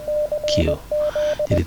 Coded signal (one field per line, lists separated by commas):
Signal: Morse code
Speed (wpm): 20 wpm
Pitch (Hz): 600 Hz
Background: speech, radio noise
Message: CZ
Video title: 20200407 ORARI amatir radio digital